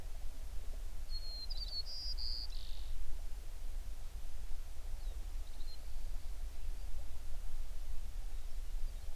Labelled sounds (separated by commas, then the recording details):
songbird
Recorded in the Prudhoe Bay oil fields, Alaska, on 11 June 2019 at 04:53
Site 21